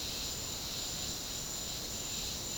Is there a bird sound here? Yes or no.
no